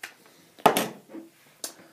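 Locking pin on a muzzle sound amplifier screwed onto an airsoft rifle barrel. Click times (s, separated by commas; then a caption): 0.7 s. After a Noveske muzzle sound amplifier is screwed back onto an airsoft rifle barrel and its divots are lined up, the small locking pin is slid back over and snaps into place at 0.7 s so the device cannot turn and unscrew. A faint tick comes just before it and a sharp click or knock at 1.6 s, with quieter handling noise in between. The pin is seated.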